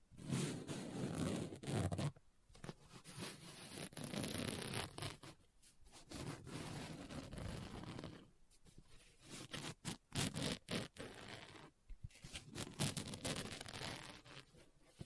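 Fingers scratch and tap on a book, making dense, dry scraping strokes broken by sharp clicks and short pauses. The scratching comes in bursts lasting a few seconds, with near-silent gaps around two, eight and twelve seconds, and a faint rustle between.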